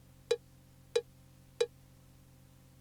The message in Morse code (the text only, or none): none